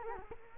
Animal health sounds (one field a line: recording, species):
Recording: mosquito wingbeat signal from an infrared sensor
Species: Culex quinquefasciatus